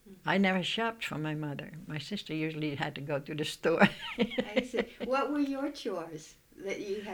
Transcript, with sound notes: I never shopped for my mother. My sister usually had to go to the store. ( she laughs )
I see. What were your chores that you had...